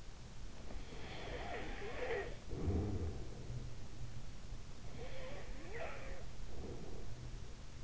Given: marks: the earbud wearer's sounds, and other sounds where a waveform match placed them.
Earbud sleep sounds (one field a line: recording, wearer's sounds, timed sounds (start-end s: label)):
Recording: sounds in sleep by an in-ear microphone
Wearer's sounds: snoring breath, breath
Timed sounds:
0.87-3.87 s: snoring breath
4.84-7.84 s: breath